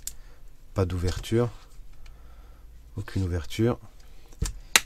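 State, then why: Seated. Someone talks while checking the edge of the plastic screen bezel on an Asus Zenbook laptop display lid during reassembly, finding one spot that was not clipped and pressing it in. A sharp, loud snap at 4.8 s marks the bezel clip seating home in the lid, and it is clipped.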